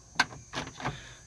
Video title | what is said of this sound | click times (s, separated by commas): How to install an after market radio 9-13-17 | make sure it clicks all the way in so it's nice and flush | 0.2 s